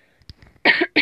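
A few soft breathy sounds lead into a loud, harsh cough burst from an adult woman, lasting about a quarter second. A second burst begins just as the clip ends. An isolated cough in a quiet room.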